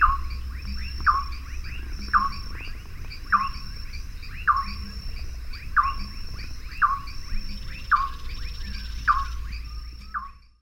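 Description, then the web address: Band-tailed nighthawk giving sharp, downward-sweeping calls repeated about once a second, over a steady low rumble and a constant high whine. South America, eastern lowlands. "Natures Songs S America Eastern Lowlands. Band-tailed Nighthawk"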